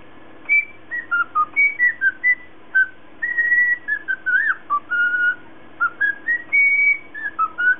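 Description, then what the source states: Cockatiel whistling a long, varied tune of clear notes, falling phrases and a few warbling slurs, delivered almost continuously, with a low background hum. Lutino colour variety cockatiel.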